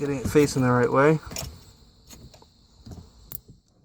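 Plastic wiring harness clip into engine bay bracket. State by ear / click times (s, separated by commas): seated / 3.4 s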